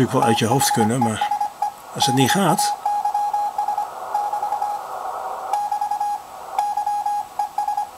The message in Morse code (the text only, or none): THESE DAYS <BT> <BT> YES